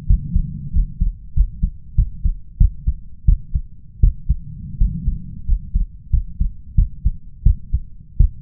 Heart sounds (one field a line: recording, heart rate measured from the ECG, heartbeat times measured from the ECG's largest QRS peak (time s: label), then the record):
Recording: heart sounds by stethoscope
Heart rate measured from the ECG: 89 bpm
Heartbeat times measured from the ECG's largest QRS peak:
0.06 s: heartbeat
0.72 s: heartbeat
1.33 s: heartbeat
1.95 s: heartbeat
2.57 s: heartbeat
3.25 s: heartbeat
4.00 s: heartbeat
4.77 s: heartbeat
5.45 s: heartbeat
6.10 s: heartbeat
6.75 s: heartbeat
7.43 s: heartbeat
8.17 s: heartbeat
From the record:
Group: healthy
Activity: rest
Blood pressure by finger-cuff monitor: 122/86 mmHg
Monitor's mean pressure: 97 mmHg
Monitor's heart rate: 90 bpm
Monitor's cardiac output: 6.5 L/min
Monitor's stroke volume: 71 mL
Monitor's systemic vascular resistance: 1120 dyn s/cm5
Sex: male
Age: 21 years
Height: 180 cm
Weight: 67.5 kg